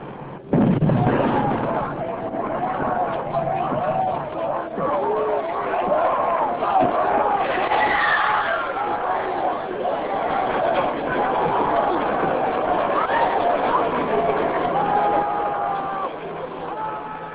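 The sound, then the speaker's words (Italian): A sudden, heavy explosion of a pineapple-type hand grenade, thrown into a crowd by Gianfranco Bertoli on 17 May 1973, bursts out, followed by a sustained uproar of the crowd shouting and screaming that stays loud throughout. This is the original recording of the massacre, with a muffled, low-fidelity quality. “Bertoli lancia una bomba a mano tipo ananas tra la folla.”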